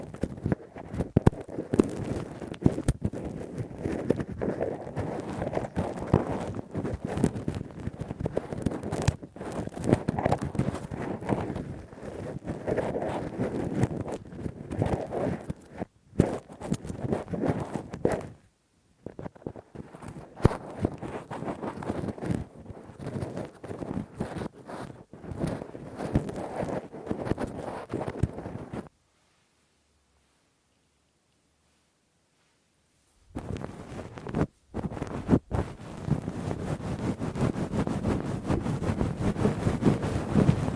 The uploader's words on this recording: ASMR Intense Rough Deep Ear Cleaning w Q-tip, Ear Pick 1 Hour (No Talking).